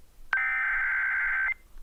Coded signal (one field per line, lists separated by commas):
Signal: Emergency Alert System (SAME) tones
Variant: header bursts